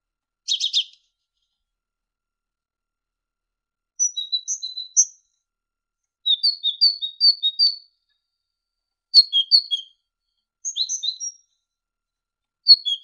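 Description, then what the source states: Great tit song with a short buzzy burst at the start, then several varied phrases of clear high chirped notes, repeated in bursts across the recording. Indonesian masteran recording: great tit song used to tutor songbirds, uploaded November 2014.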